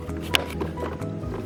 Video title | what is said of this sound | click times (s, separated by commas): How to install aftermarket subwoofer Honda Civic Sedan 10th gen | So you hear the pops up, that means you're good. It's locked. | 0.4 s